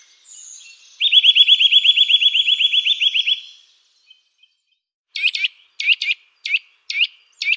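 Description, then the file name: Eurasian nuthatch: a rapid, even trill of rising whistled notes lasting over two seconds, followed by several sharp call notes. "KOWALIK"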